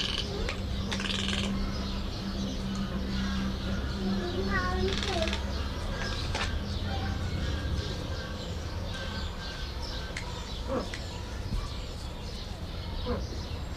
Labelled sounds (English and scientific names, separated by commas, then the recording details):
Toco Toucan (Ramphastos toco)
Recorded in captivity
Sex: pair
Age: adult
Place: Zoo Halle, Sachsen-Anhalt, DE
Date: 1991-04-06 12:17
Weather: sunny, 4-13 °C
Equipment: Marantz, Sennheiser ME 80, Kopie Tesla B 116
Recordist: Tembrock, Günter